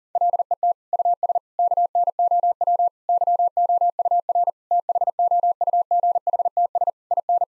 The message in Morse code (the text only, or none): LET US KNOW YOUR THOUGHTS IN